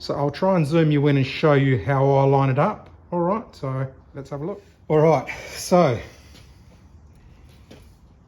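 A distributor shaft is lined up with the hole in the engine block of an FJ Holden Grey motor before being slipped in, while someone talks. After the talking, a soft knock is heard at about 7.7 seconds, and the distributor has not clicked in or seated yet.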